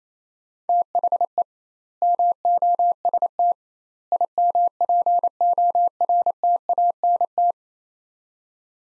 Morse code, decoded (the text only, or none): THE MOST IMPORTANT